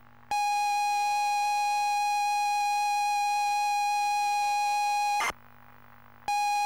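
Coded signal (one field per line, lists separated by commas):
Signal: ZX Spectrum tape loading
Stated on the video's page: ZX Spectrum +2 cassette tape loading on a real machine, not an emulator.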